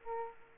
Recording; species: mosquito wingbeat signal from an infrared sensor; Aedes aegypti